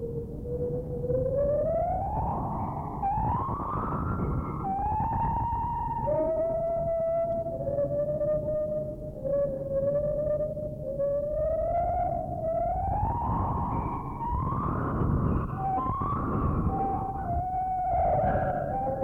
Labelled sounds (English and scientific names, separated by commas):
Lar Gibbon (Hylobates lar)